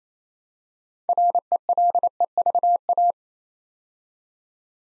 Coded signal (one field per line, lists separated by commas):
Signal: Morse code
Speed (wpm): 27 wpm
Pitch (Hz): 700 Hz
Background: none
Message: RELEVA